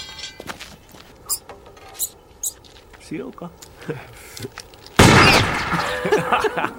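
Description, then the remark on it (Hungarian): After a quiet stretch of scattered small taps and faint voices, a single sharp gunshot, fired at a squirrel, cracks out abruptly, followed at once by loud, agitated speech. “Itt nem lehet csak úgy állatokra lövöldözni.”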